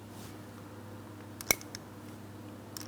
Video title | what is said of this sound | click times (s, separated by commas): How to Replace Front Door Lock Switches 2003-2007 Cadillac CTS | Audible click from that, and it is secured. | 1.5 s